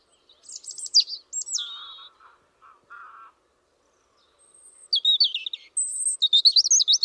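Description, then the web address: European robin singing two varied phrases: a high scratchy flourish with a few lower soft notes, a pause, then a thin high whistle leading into rapid liquid, tinkling warbles. "Deverinetal 2025 File origin Bird Only Er Ru"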